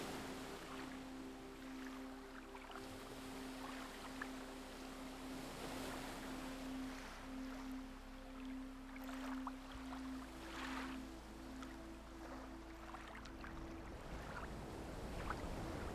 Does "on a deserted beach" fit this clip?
yes